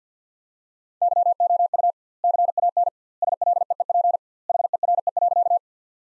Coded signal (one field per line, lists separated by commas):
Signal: Morse code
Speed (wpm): 50 wpm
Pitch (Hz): 700 Hz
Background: none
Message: YOU CAN SLEEP HERE.